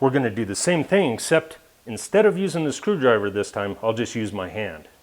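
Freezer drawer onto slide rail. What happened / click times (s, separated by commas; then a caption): No seating click yet; the drawer rail has not locked / none. Someone talks while the left side of a freezer drawer is handled by hand at its slide rail, with no screwdriver this time. Nothing has seated or clicked yet; the rail clips are not locked in.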